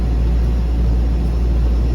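A spring retaining clip on the fuel hose connector fitting of a 9.5 HP Johnson/Evinrude outboard motor is being handled and pushed onto the fitting. Only a steady low rumble with broadband hiss is heard, with no distinct transients. Nothing has seated or clicked yet.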